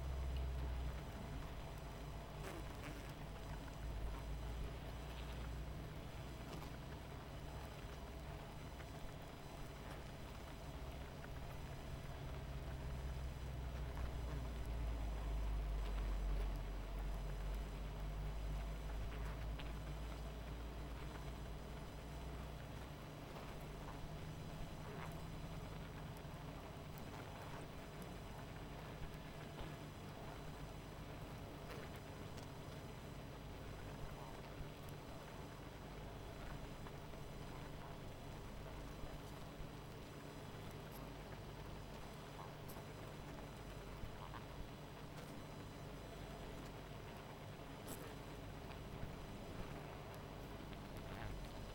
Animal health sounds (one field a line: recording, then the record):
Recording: honeybee colony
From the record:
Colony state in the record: missing queen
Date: 14 July 2017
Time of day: 19:26